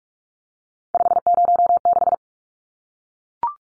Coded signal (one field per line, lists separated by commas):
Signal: Morse code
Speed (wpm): 44 wpm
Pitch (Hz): 700 Hz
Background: none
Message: 506